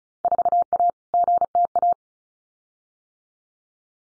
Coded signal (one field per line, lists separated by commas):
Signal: Morse code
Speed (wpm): 34 wpm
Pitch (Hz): 700 Hz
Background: none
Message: 4A GTA